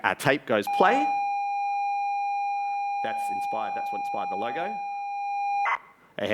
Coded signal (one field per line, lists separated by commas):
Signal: ZX Spectrum tape loading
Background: speech